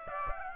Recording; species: mosquito wingbeat signal from an infrared sensor; Aedes aegypti